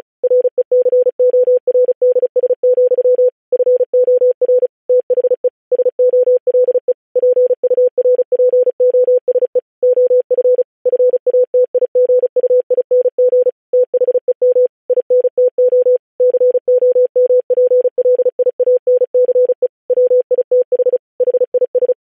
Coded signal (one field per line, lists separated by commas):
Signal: Morse code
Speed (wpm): 36 wpm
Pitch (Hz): 500 Hz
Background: none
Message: RECORDS, FOR THE SOLE PURPOSE OF FATIGUING THEM INTO COMPLIANCE WITH HIS